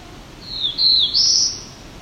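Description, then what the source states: Black-throated Blue Warbler song, a short run of high buzzy notes that climbs in pitch at the end. Singing male in maple forest with canopy 70–80 feet high at the Lindsay Tract, Bruce Peninsula.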